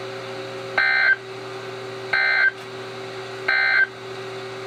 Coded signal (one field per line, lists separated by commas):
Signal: Emergency Alert System (SAME) tones